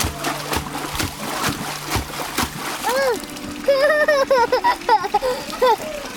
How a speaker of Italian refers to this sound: Bimbi che giocano nel fango, che sguazzano nelle pozzanghere, che osservano tritoni nel laghetto, che si arrampicano sugli alberi, insomma, fanno scuola nel bosco.